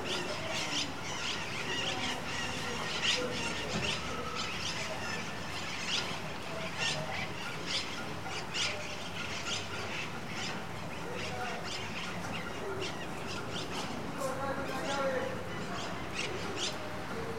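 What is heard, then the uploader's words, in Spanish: Outside the entrance of the Gran Hotel Pucón, a steady murmur of voices mixes with frequent sharp squeaks, clatters and bird-like squawks throughout. Registro en la puerta del Gran Hotel Pucón Chile by Alejandro Cornejo Montibeller.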